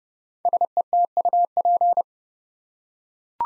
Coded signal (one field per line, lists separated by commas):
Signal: Morse code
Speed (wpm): 30 wpm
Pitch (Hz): 700 Hz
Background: none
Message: SETUP